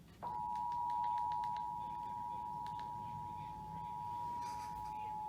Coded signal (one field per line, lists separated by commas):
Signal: Emergency Alert System (SAME) tones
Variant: 853 and 960 Hz attention tone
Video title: EAS Alert #39-43 - Required Monthly Test on Comcast and 4 other stations [9/16/20]